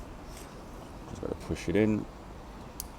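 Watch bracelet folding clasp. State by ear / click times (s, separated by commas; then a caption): seated / 2.8 s. Someone talks while the folding clasp of a steel Rolex watch bracelet is pushed closed after the extension link has been stowed. A short, sharp click at 2.8 s shows the clasp seating shut, leaving the bracelet nice and tight.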